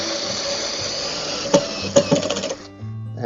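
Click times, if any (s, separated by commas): 1.5 s, 2.0 s, 2.3 s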